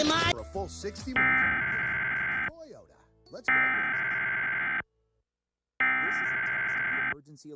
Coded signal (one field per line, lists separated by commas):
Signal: Emergency Alert System (SAME) tones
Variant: header bursts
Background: speech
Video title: Eas Test Interupts Spongebob! (May 2005) (Reaad desc)